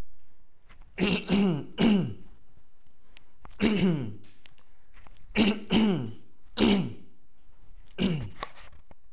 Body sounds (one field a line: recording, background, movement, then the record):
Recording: throat clearing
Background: quiet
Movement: sitting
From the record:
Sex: male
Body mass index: 20.6 kg/m2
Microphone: on the chest, facing outward